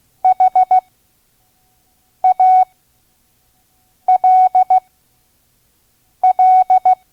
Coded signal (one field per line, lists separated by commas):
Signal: Morse code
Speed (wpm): 16 wpm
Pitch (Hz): 740 Hz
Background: none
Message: HALL